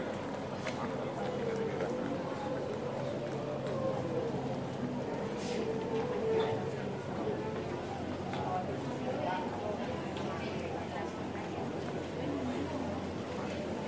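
Taormina, Sicily: a dense, unbroken murmur of many voices talking over one another, with a low steady rumble underneath. Short clicks and knocks, like footsteps or hooves, pop out now and then, mostly around the middle, while the level stays even throughout.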